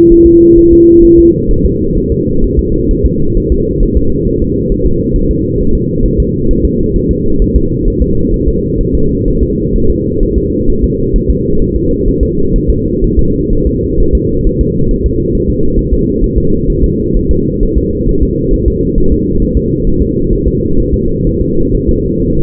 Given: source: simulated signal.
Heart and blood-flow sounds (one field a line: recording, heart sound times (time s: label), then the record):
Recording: fetal heart sounds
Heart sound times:
0.12 s: S1
0.26 s: S2
0.59 s: S1
0.73 s: S2
1.05 s: S1
1.19 s: S2
1.51 s: S1
1.66 s: S2
1.97 s: S1
2.12 s: S2
2.44 s: S1
2.59 s: S2
2.91 s: S1
3.06 s: S2
3.37 s: S1
3.52 s: S2
3.83 s: S1
3.97 s: S2
4.28 s: S1
4.42 s: S2
4.72 s: S1
4.86 s: S2
5.16 s: S1
5.30 s: S2
5.61 s: S1
5.75 s: S2
6.05 s: S1
6.20 s: S2
6.51 s: S1
6.65 s: S2
6.96 s: S1
7.11 s: S2
7.42 s: S1
7.56 s: S2
7.88 s: S1
8.02 s: S2
8.34 s: S1
8.48 s: S2
8.81 s: S1
8.95 s: S2
9.28 s: S1
9.43 s: S2
9.76 s: S1
9.90 s: S2
10.23 s: S1
10.38 s: S2
10.70 s: S1
10.84 s: S2
11.16 s: S1
11.30 s: S2
11.62 s: S1
11.76 s: S2
12.08 s: S1
12.23 s: S2
12.56 s: S1
12.70 s: S2
13.04 s: S1
13.19 s: S2
13.53 s: S1
13.67 s: S2
14.00 s: S1
14.15 s: S2
14.47 s: S1
14.61 s: S2
14.91 s: S1
15.06 s: S2
15.35 s: S1
15.49 s: S2
15.79 s: S1
15.94 s: S2
16.24 s: S1
16.38 s: S2
16.70 s: S1
16.84 s: S2
17.16 s: S1
17.31 s: S2
17.63 s: S1
17.77 s: S2
18.09 s: S1
18.23 s: S2
18.53 s: S1
18.68 s: S2
18.98 s: S1
19.12 s: S2
19.42 s: S1
19.57 s: S2
19.87 s: S1
20.02 s: S2
20.33 s: S1
20.47 s: S2
20.80 s: S1
20.94 s: S2
21.27 s: S1
21.41 s: S2
21.75 s: S1
21.89 s: S2
22.22 s: S1
22.37 s: S2
From the record:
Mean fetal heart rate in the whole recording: 130 bpm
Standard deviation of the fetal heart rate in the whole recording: 4 bpm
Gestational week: 38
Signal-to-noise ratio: -16.4 dB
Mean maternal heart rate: 72 bpm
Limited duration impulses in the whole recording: present